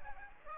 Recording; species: mosquito wingbeat signal from an infrared sensor; Aedes aegypti